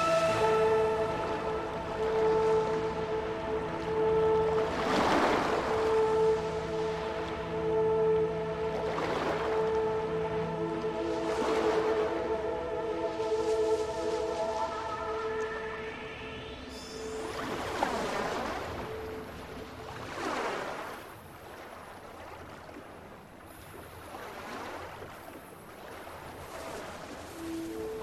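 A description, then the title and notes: Sea sounds: a steady engine-like drone hums under waves washing through every few seconds, the drone fading after midway as hiss rises. Sea Sounds.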